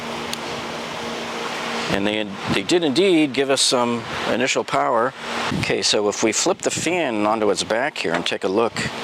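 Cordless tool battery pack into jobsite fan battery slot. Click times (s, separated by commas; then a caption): 0.3 s. A DeWalt 20V slide-in battery pack is inserted upside down and slid in at the front of a DeWalt jobsite fan until it clicks and seats, with a sharp click at 0.3 s over a steady hum. From about 2 s on, someone talks.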